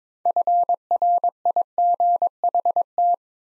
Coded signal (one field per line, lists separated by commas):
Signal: Morse code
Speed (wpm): 22 wpm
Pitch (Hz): 700 Hz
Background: none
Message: FRIGHT